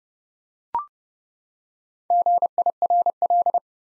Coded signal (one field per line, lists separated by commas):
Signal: Morse code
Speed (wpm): 30 wpm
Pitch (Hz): 700 Hz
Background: none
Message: GIRL